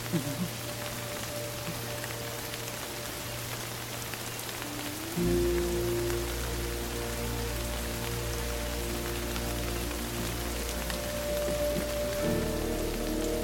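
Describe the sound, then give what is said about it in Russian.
Heavy rain pours down in a steady, dense hiss, joined partway through by low sustained droning tones that swell and hold beneath the downpour. “Ребята молча стоят под проливным дождем.”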